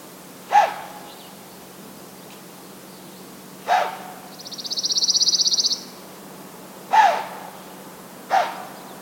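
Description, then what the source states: White-tailed deer snorting: four abrupt, hissing blows at uneven intervals, with a high, rapid buzzy trill from another animal between the second and third. Two deer snorting on a bog trail in Schoodic Woods, probably after catching the recordist's scent, perhaps to communicate caution; went on a couple of minutes; 18 June 2019, 06:21.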